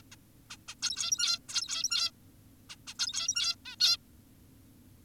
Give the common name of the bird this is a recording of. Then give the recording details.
Zebra Finch. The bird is an adult. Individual g17y2U